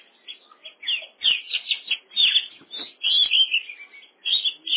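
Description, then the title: Oriental magpie-robin song, a lively stream of varied whistled and scratchy phrases in short loud bursts, with brief pauses between them. "Kacer"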